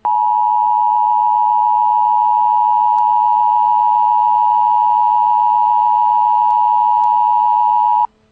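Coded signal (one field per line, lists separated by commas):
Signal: Emergency Alert System (SAME) tones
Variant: 853 and 960 Hz attention tone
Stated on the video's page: Made-up severe thunderstorm warning for two Maryland counties and one Delaware county, a simulation built on an EAS Creator screen.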